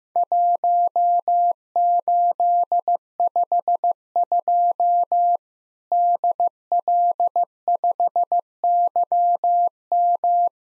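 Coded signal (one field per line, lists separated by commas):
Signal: Morse code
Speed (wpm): 16 wpm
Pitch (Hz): 700 Hz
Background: none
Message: 1852 DL5YM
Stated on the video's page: Worked All Europe DX contest QTC exchange copying drill at 15wpm, sent in Morse, spoken, then sent again.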